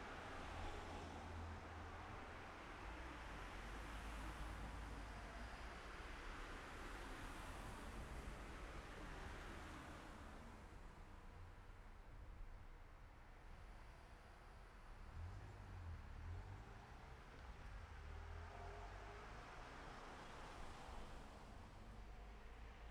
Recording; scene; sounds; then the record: everyday scene through a hearing-aid microphone; in traffic; traffic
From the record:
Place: city secondary road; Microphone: behind the ear, left, rear